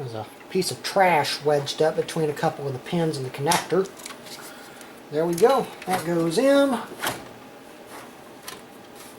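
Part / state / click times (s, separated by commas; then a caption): power supply unit into desktop case bay / seated / 8.5 s. A Dell Precision 220 workstation's power supply unit is slid back into its bay in the desktop case while someone talks. A short click at 8.5 seconds marks the power supply latching into place.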